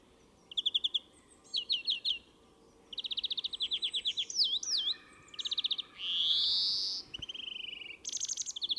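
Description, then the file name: European greenfinch song with rapid twittering trills and chirps, sliding whistled notes and a long nasal wheeze, then more quick rattling phrases. "Chloris chloris"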